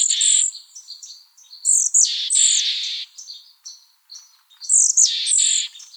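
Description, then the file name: Mexican Chickadee calling, sharp high notes leading into broad, rasping buzzy notes, repeated in three main bursts with quieter chipping between. "MECH CALLS 1 deviche"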